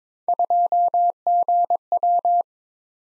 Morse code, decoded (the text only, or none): 2GW